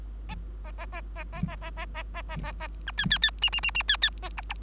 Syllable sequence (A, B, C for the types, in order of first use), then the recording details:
A A A A A A A A A A A A A B C C C D D D D C C A E E. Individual Bird3